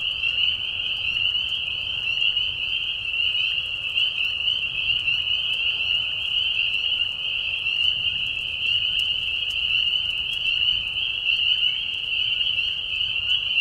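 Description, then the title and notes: Many spring peepers whistling together, their shrill peeps blending into a constant high-pitched ringing drone that never pauses. Peeper frogs giving a mating call in a marsh at night in spring, during a very short season; high, low-volume whistles; Tiny Marsh Conservation Area, Tiny, Ontario. "Peeper frogs in the spring. Peeper frogs in a marsh at night. This is a mating call that happens during a very short season in the Spring. The high whistles at a low volume. Recorded at the Tiny Marsh Conservation area in Tiny, Ontario. Recorded by Anton Pickard. Music for Sleep"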